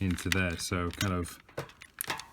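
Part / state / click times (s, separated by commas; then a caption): plastic panel tab of a transforming robot toy, hooked into the mating panel / seated / 2.0 s. Someone talks while the middle tabs and back tab of a plastic transforming robot toy's panels are hooked over each other. A few small plastic ticks follow, and the panel tab clicks into place in the mating panel at 2.0 s, seated.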